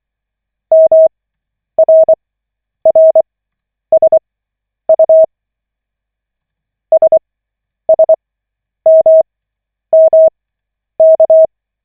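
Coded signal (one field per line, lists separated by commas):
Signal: Morse code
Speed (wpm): 25 wpm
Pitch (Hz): 640 Hz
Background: none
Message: MRRSU SSMMK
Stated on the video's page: Koch method Morse practice session from the LCWO.net website, lesson 5 of 40.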